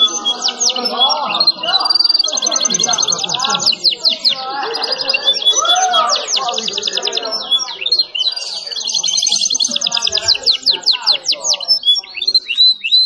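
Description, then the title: Canary song with long rapid high trills and buzzy rolls, over a steady layer of lower chattering notes. Canary song described as vigorous, insistent and with long rolls, meant to make other canaries answer at once. "LANGSUNG NYAUT GACOR DOR Kenari Manasaja, Dengan Kicau Kenari GACOR NGOTOT ROLL PANJANG"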